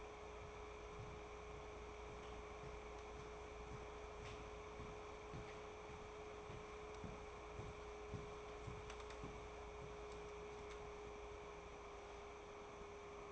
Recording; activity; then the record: daily activity, microphone in the room; walk to room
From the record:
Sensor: 1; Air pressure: 1010.5 hPa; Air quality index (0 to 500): 170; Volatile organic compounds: 12 ppm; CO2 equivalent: 2336 ppm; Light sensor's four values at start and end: 48/124/51/65 and 44/116/47/60